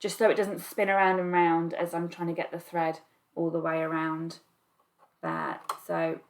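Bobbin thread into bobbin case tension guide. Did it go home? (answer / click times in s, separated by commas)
no / none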